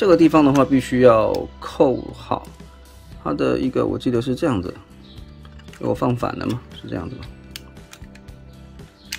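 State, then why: Seated. While transforming a plastic Transformers Alternators Rodimus (Hot Rod) figure, a plastic peg is lined up with its mating hole and pressed in as someone talks over background music. Small plastic handling clicks come around 5.5 and 7.6–8.2 seconds. A sharp snap at 9.1 seconds marks the peg clipping into place, seated and secure.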